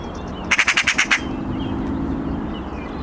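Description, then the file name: Eurasian magpie chattering: a fast, even rattle of about six harsh notes lasting under a second, followed by quiet background hum and faint bird twitters. "Pica pica"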